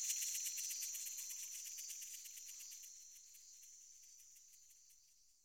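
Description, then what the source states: Cicada song, a high pulsing buzz that steadily fades away to near silence. Amazonia.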